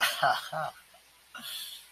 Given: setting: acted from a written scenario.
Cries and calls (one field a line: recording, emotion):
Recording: vocal sound without words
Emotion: pride